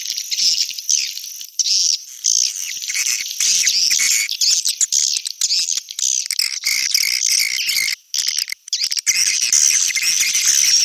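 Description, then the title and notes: Swiftlet chirping calls: dense, continuous high twittering, steady throughout with a few brief gaps. Swiftlet sound associated with swiftlet farming in Asia. "Swiflet Bird Sound. Farming Swiflet Bird asia sound"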